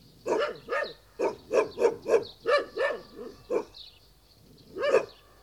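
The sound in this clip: Dog barking: several sharp barks in quick, uneven succession, then a pause and one final bark.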